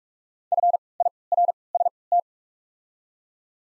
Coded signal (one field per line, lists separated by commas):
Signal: Morse code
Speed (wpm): 48 wpm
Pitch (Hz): 700 Hz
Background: none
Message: F I R S T